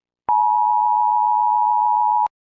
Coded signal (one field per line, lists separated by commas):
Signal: Emergency Alert System (SAME) tones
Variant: 853 and 960 Hz attention tone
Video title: The Z Virus - an EAS scenario